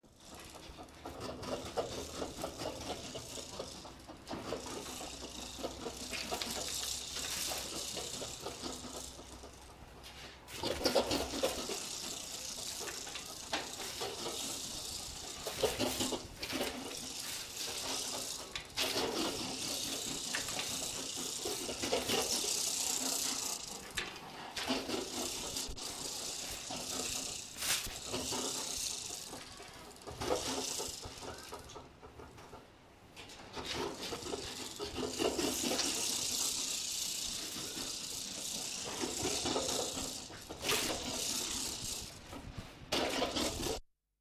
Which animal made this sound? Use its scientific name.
Hystrix brachyura